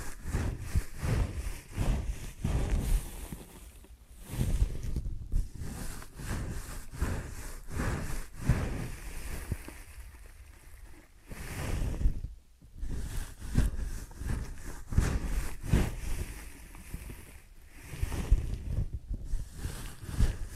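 Ear and scalp massage with dense, rapid rubbing and scratching strokes, low thumps and brief quieter pauses near five, ten and twelve seconds.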